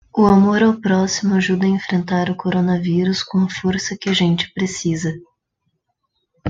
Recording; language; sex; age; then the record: spoken sentence; Brazilian Portuguese; female; 30 to 39 years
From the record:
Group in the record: control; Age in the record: 30 years